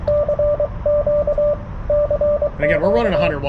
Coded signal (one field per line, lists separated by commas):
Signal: Morse code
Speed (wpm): 24 wpm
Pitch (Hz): 590 Hz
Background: speech, radio noise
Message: CQ CQ